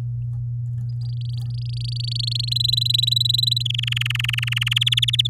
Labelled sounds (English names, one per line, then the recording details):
Domestic Canary song
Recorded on 11 May 2018 at 05:49
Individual llb16